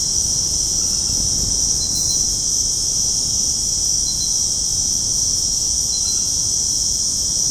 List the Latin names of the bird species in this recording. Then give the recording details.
none. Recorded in secondary vegetation near Puerto Asís, Putumayo, Colombia, on 21 February 2024 at 23:00. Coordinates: 0.489, -76.322. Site G6419